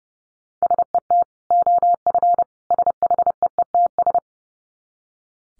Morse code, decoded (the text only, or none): SET OF SHEETS